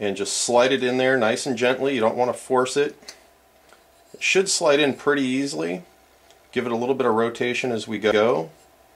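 A crankshaft, held up by its connecting rod, is slid gently into the crankcase bearing of a CY 23cc engine and given a little rotation as it goes in, while someone talks throughout. Nothing has seated or clicked yet; the clip ends before the part goes home.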